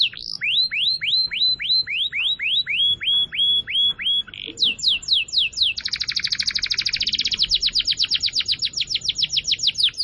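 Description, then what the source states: Canary song opening with a series of spaced, slurred whistled notes, then switching to quick sharp chirps and a long, very fast buzzy trill. Song used as a lure to attract birds.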